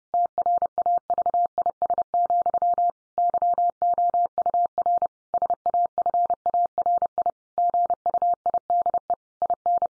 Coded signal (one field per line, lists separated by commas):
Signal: Morse code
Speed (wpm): 28 wpm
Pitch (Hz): 700 Hz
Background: none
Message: TRAVIS, YOUR SAFARI GUIDE IN